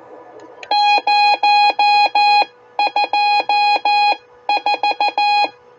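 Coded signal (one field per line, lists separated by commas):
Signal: Morse code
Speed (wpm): 14 wpm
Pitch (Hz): 830 Hz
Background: none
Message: 024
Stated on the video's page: Ten-Tec T-Kit 1320 QRP 20 m CW transceiver with added audio filter, iambic memory keyer, touch paddles, and a frequency counter announcing frequency in Morse.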